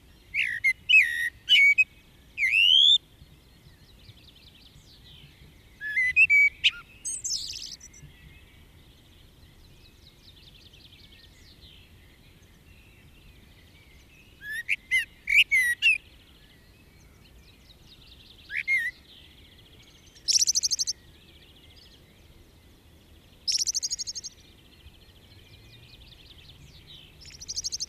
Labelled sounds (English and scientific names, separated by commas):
Common Blackbird (Turdus merula)